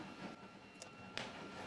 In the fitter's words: Snap. You could hear it go snap.